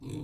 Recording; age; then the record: pig call; weaner (32 to 43 days)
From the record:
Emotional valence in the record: negative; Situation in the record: novel object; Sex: female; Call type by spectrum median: low-frequency call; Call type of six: low-frequency stable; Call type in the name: low-frequency stable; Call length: 0.23 s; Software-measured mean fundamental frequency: 50 Hz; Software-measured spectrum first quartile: 147 Hz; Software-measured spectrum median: 283 Hz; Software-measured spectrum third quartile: 643 Hz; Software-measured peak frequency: 132 Hz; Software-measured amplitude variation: 144 dB a second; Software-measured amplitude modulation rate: 19.3 a second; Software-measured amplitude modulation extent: 7.4 dB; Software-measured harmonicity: 0.8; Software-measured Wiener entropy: -0.36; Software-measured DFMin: 1085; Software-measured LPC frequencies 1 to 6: 298, 877, 2467, 3486, 4041, 5930 Hz